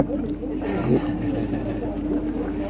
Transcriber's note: laughs